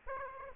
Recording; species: mosquito wingbeat signal from an infrared sensor; Aedes aegypti